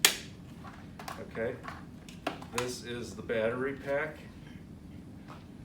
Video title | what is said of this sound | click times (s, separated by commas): Papr tutorial | you know, catch the little teeth there, and then you squeeze it till it clicks. | 0.0 s